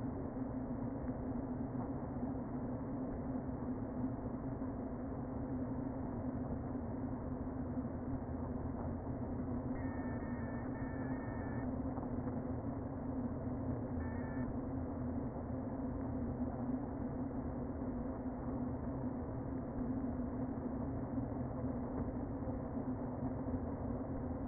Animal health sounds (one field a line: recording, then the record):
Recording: honeybee colony, microphone inside the hive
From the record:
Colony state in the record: queen present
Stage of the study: before two queens were removed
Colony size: about 60,000 bees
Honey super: yes